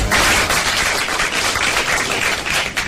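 An audience claps for a few seconds, a dense, even patter of many hands that stays fairly steady and modest rather than building into enthusiastic applause, with no voices.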